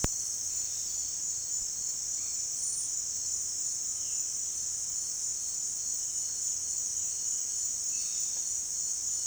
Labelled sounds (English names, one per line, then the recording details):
none
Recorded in dense forest near Puerto Asís, Putumayo, Colombia, on 23 June 2025 at 17:30
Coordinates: 0.466, -76.327
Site GP04